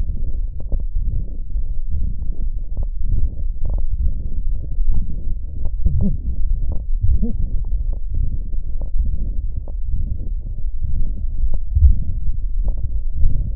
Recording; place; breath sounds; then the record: lung sounds by stethoscope; left posterior lower chest; crackles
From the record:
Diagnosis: heart failure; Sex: male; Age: 55 years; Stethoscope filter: extended mode, 50 to 500 Hz